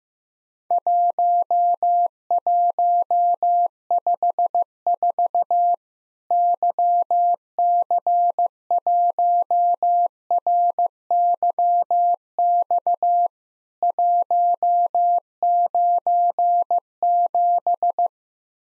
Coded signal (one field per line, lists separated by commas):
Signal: Morse code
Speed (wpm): 15 wpm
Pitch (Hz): 700 Hz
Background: none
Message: 1154 YC1RYX 197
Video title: Worked All Europe DX Contest QTC Exchange with Repeats 15wpm